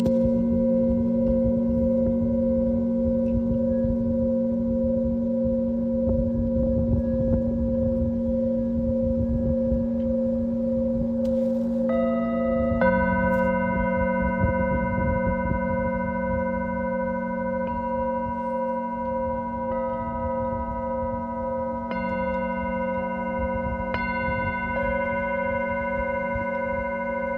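Singing bowls ring with long, sustained overlapping tones, a steady low hum layered with clearer mid and high pitches. New bowls are struck around 12, 22 and 24 seconds, adding bright ringing partials that slowly decay. A faint rumble and soft handling sounds sit underneath throughout.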